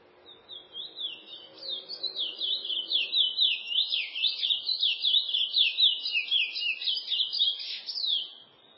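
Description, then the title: Chestnut-bellied seed finch delivering an unbroken stream of rapid high warbling notes, rising and falling, ending with a sharp downslurred note and then quiet. "Canto De Curio"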